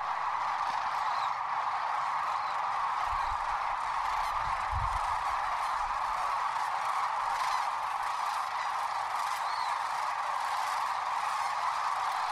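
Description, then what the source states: Sandhill Crane flock calling: a dense, unbroken roar of countless overlapping calls, steady throughout, with no single voice standing out. Nearly 500,000 cranes taking flight at once from their river roost in Nebraska during spring migration.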